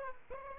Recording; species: mosquito wingbeat signal from an infrared sensor; Aedes aegypti